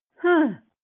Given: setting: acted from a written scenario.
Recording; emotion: vocal sound without words; anger